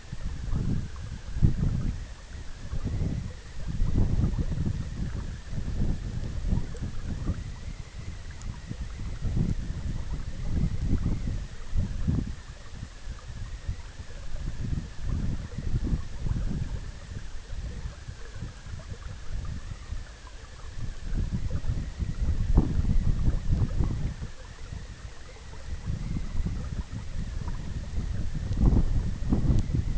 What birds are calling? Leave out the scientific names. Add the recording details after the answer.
none. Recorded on Arctic tundra, site EABA-MC, on 20 June 2019. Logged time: 14:00